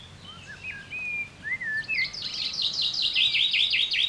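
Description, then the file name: Common chaffinch: a few slurred whistled notes lead into a loud rapid trill of repeated downward-sweeping notes that continues to the end. "Fringilla coelebs"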